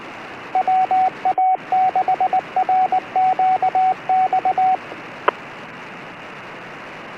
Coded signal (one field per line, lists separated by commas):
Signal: Morse code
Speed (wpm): 19 wpm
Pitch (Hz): 750 Hz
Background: radio noise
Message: WA6RQX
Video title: Listening to the Radio